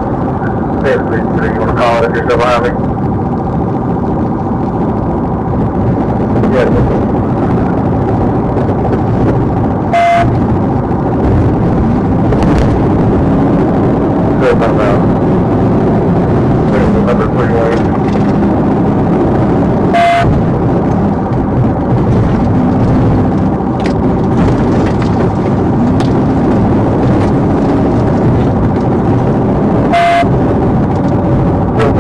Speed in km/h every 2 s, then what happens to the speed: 143, 140, 140, 138, 135, 137, 150, 159, 142, 147, 132, 137, 138, 150, 151, 148.
0-10 slows to 137. 10-13 speeds up to 159. 13-20 slows to 132. 20-27 speeds up to 151.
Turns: none.